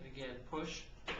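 Someone talks while the second strap at the bottom of a Bledsoe Thruster OA knee brace is brought around and its buckle is pushed toward the plastic receiver. The buckle has not clicked or seated yet by the end of the clip.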